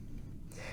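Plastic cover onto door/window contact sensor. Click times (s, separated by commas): 0.5 s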